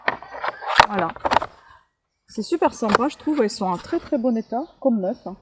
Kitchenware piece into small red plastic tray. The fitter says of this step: en fait elles vont avec ses petits plateaux rouge ça s'enclenche comme ça